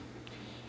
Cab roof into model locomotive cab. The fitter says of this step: once hear a click it'll pop right back into place